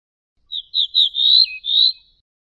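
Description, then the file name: Ortolan bunting song: a string of clear high whistled notes, the fourth longer and dipping to a lower tone, then a final drawn-out high note; quiet background. "suara kicauan ortolan"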